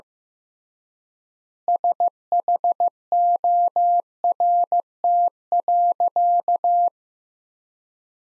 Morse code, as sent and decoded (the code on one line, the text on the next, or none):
... .... --- .-. - .-.-.-
SHORT.